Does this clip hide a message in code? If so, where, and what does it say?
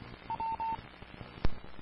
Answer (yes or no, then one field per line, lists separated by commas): no